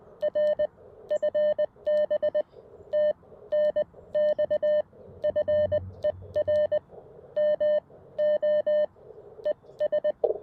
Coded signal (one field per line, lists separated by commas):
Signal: Morse code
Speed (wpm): 20 wpm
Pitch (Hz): 600 Hz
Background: none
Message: R FB TNX FER MO ES